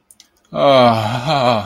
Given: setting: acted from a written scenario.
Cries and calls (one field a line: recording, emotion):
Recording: vocal sound without words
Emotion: ecstasy